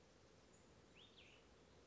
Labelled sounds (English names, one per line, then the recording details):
Cassin's Vireo
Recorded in Sonoma County, California